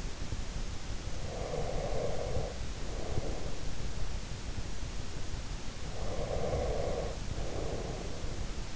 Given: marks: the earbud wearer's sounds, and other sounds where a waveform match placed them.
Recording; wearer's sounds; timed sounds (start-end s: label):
sounds in sleep by an in-ear microphone; breath
1.11-4.29 s: breath
5.80-8.76 s: breath